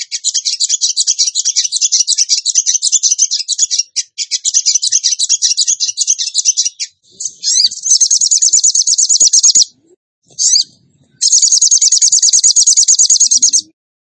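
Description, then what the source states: Bird song: long stretches of dense, high, rattling trills, briefly broken by short gaps and a few clipped notes. Indonesian masteran (training recording) of a bird singing in the tembakan gacor style.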